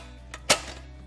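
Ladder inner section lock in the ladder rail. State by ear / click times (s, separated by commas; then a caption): seated / 0.3 s, 0.5 s. The inside section of a split A-frame ladder, with its own rubber feet, is pulled all the way out by hand until the lock in the ladder rail engages. A faint click at 0.3 s is followed by a sharp, louder snap at 0.5 s over a low steady hum. The section locks in place and stands as a four-foot-high trestle.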